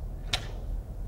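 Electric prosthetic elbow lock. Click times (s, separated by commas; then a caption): 0.3 s. An electric prosthetic elbow is locked, and its lock gives a single sharp click at 0.3 s, showing the elbow lock has seated. Quiet low-frequency background surrounds it, with no speech in the clip.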